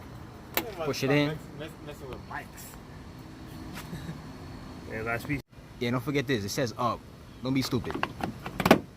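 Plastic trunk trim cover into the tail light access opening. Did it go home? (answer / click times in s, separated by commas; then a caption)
yes / 8.7 s. After the reverse bulbs on a 2007 Infiniti G35/G37 sedan tail light are replaced, the last plastic trunk trim cover, marked "up," is pressed back into the tail light access opening while someone talks. It snaps in with sharp clicks at about 8.7 s and 8.7 s, and the cover is seated in place.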